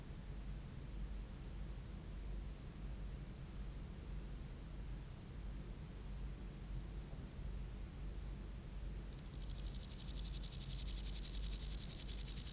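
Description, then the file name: Grasshopper stridulation: a high, pulsed buzzing enters after about nine seconds and keeps going to the end over a steady low background rumble. "Chorthippus binotatus"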